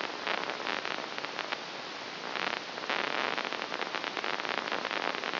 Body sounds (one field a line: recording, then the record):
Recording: brain microelectrode recording played as sound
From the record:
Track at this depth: inside the subthalamic nucleus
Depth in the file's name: 1.141 mm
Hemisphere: left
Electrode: 3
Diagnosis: Parkinson's disease